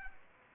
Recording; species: mosquito wingbeat signal from an infrared sensor; Aedes aegypti